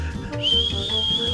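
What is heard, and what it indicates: A steady, high, thin whistle made by voice, imitating the very quiet sound of air whistling out through a man's ears after he sneezes while holding his nose shut, so the pressure escapes through the ears instead.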